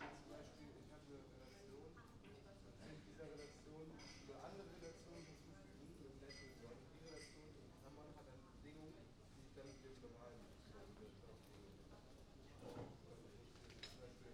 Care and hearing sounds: everyday scene through a hearing-aid microphone; many people talking; many voices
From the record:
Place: university cafeteria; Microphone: in the ear canal, right

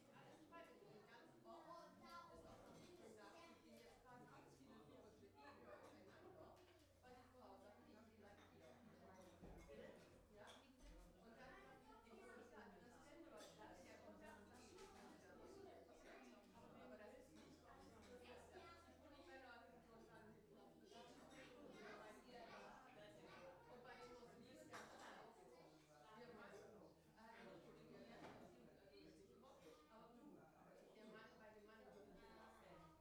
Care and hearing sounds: everyday scene through a hearing-aid microphone; many people talking; many voices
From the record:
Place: parish hall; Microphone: behind the ear, right, front

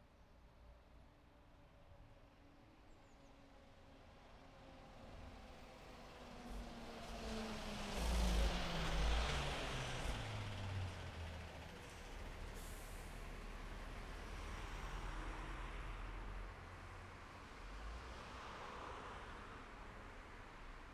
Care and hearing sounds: everyday scene through a hearing-aid microphone; in traffic; traffic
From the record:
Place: city secondary road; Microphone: behind the ear, left, front

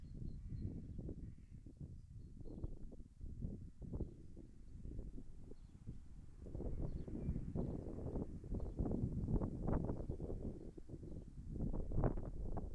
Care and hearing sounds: everyday scene through a hearing-aid microphone; wind on the microphone; wind, traffic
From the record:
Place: in front of a rural house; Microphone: behind the ear, left, front

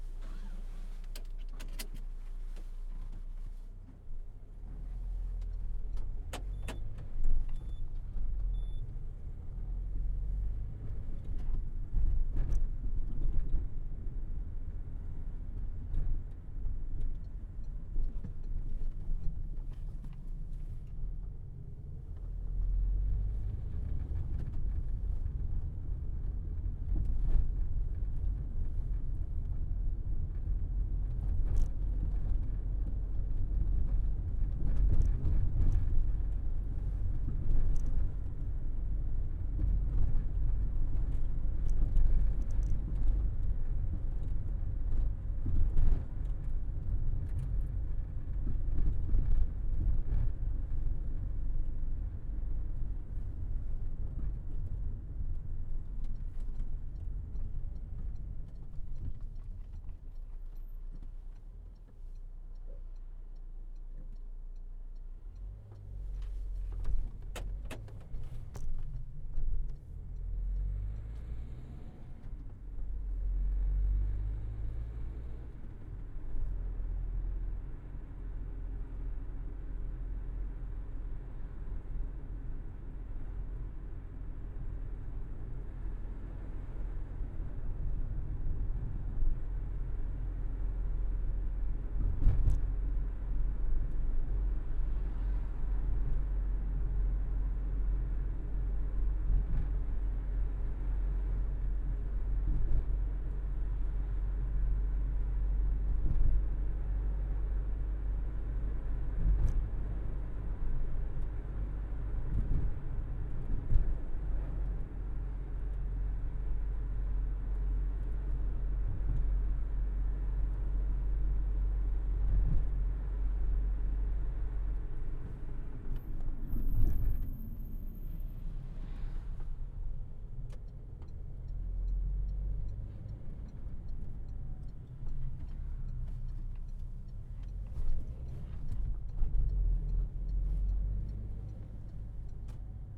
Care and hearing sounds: everyday scene through a hearing-aid microphone; in a vehicle; engine, other noises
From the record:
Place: Berlingo II, diesel engine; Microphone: behind the ear, right, rear

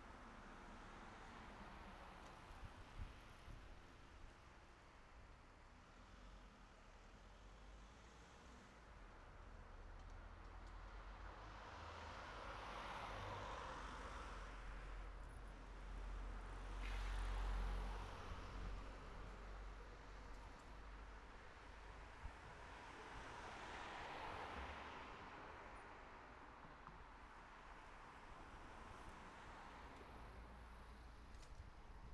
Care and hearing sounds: everyday scene through a hearing-aid microphone; in traffic; traffic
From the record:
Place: city secondary road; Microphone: behind the ear, right, front

